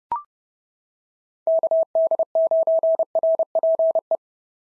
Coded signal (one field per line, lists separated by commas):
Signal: Morse code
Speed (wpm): 30 wpm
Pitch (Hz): 650 Hz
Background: none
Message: KD9RPE